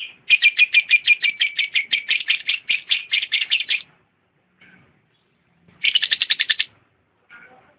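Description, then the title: Lovebird song: rapid run of harsh chattering chirps, then a pause and a shorter burst of the same chatter. Champion lovebird song. "KICAU BURUNG LOVEBIRD JUARA"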